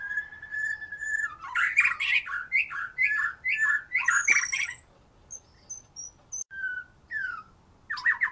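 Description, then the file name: White-rumped shama song: a rapid run of varied whistles and chattering notes for a few seconds, then sparse high whistles and a short final burst. "murai batu"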